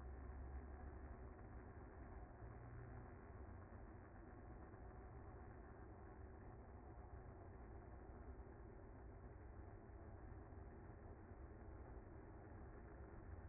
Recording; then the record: honeybee colony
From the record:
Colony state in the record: active